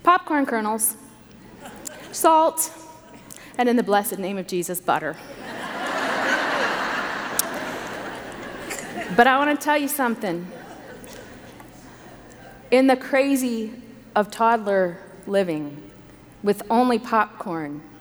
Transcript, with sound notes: popcorn kernels, salt, and in the blessed name of Jesus, butter. (laughter) But I want to tell you something. In the crazy of toddler living, with only popcorn,